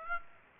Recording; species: mosquito wingbeat signal from an infrared sensor; Aedes aegypti